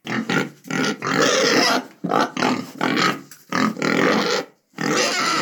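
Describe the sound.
Pigs uttering loud, harsh squeaky squeals in drawn-out bursts of up to about a second, separated by brief pauses.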